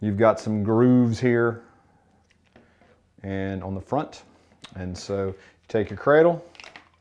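A Tri-Tronics dog training collar receiver is being lined up with its plastic charging cradle by the grooves on the front, while someone talks. Only faint, brief handling ticks are heard around 2.3–2.6 s and 6.6–6.8 s. Nothing has seated or clicked yet.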